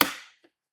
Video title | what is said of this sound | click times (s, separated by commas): Notebook Acer com defeito intermitente, será que a memória RAM é a culpada mesmo? | E pronto, tá travado. | 0.0 s